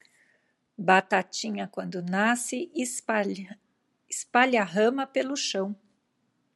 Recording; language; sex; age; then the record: short text; Brazilian Portuguese; female; 50 to 59 years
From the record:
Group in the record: control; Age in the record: 54 years